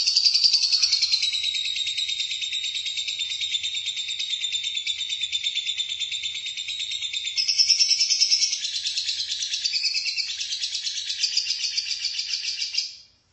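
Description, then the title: Lovebird chattering song, an unbroken stream of fast, harsh, high-pitched twitters lasting over twelve seconds, with a louder stretch past the middle, before ending suddenly. "BM Suara Burung Lovebird"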